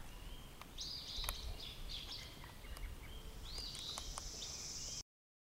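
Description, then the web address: Robin song, clear high twittering phrases with brief pauses between them, mixed with scattered clicks and tapping sounds, ending abruptly. "Sounds of Nature Robins"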